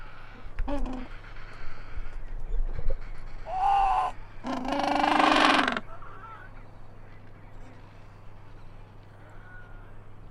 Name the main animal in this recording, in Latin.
Pygoscelis papua